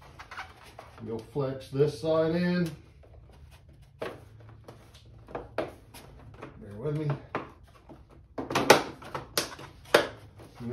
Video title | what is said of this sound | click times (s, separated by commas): RykerMod Premium N900 Stainless Sway bar | hear that snap | 9.4 s